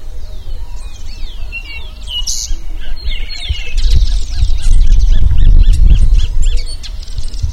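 Bird calls: many high chirps and short rising whistles, while a loud low rumble swells through the middle.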